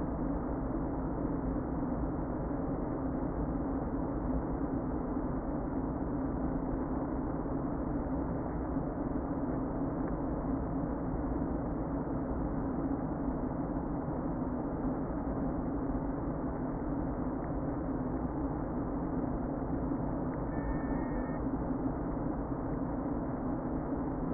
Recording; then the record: honeybee colony, microphone inside the hive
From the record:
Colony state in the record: queen present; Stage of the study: before two queens were removed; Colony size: about 60,000 bees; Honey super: yes